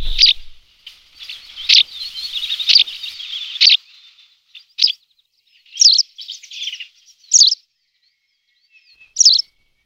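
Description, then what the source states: White wagtail song: bright, twittering chirps and short buzzy trills in uneven bursts, with brief pauses between phrases. Played on the radio as an example of its song.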